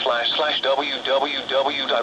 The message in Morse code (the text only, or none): none